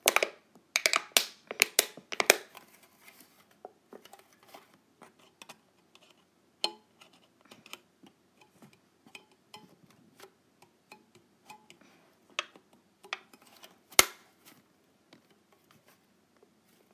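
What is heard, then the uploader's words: Sharp clicks and snaps of clipping clips, a dense flurry in the first two seconds, then scattered light taps with a loud snap near fourteen seconds. ASMR Clipping my Clips.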